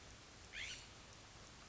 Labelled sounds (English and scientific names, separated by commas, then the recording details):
California Scrub-Jay (Aphelocoma californica)
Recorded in Sonoma County, California